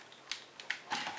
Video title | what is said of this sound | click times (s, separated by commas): How to solve stiff / sticking DJI Phantom 2 / Vision+ battery | um again you can hear that latching it's really just as solid as before it's just that | 0.3 s, 0.7 s